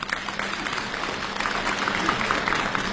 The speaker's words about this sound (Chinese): 感谢朋友们的掌声。